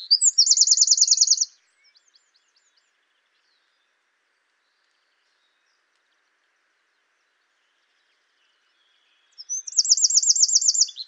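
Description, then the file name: Eurasian wren song, two short bursts of a very high rapid rattling trill at the start and end, with silence between. "Troglodytes troglodytes"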